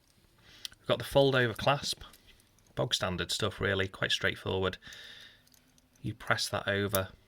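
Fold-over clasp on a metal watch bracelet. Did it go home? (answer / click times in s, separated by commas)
no / none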